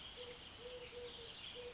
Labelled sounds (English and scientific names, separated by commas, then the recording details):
Eurasian Collared Dove (Streptopelia decaocto)
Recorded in Sonoma County, California